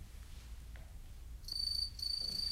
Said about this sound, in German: Nur die Heimchen zirpten in der Waschküche und am Ofen.